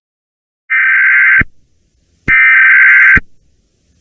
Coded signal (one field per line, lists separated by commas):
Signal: Emergency Alert System (SAME) tones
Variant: header bursts